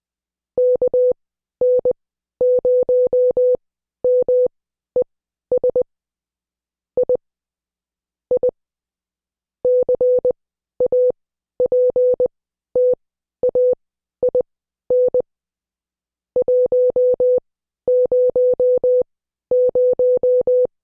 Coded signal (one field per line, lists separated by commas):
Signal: Morse code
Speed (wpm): 20 wpm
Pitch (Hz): 500 Hz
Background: music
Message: KN0MES I I CAPTAIN 100